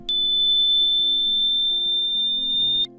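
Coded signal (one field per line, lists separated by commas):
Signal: beep code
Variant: Kidde CO alarm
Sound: one continuous high-pitched electronic tone, about three seconds, with faint low hum beneath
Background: low background hum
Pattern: 1 long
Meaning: A constant tone means the alarm has malfunctioned and should be replaced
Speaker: display is clear the light indication is off the sound emitted is a constant signal this means malfunction please replace your alarm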